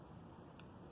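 The safety latch on a harness connector for an LED headlight socket on a Jeep is pressed home after the plug has gone in. A single short, sharp click at 0.6 s stands out over a steady low background hiss. The connector latch is locked and seated.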